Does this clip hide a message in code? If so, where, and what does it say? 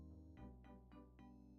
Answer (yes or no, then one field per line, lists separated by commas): no